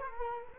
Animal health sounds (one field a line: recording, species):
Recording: mosquito wingbeat signal from an infrared sensor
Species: Culex quinquefasciatus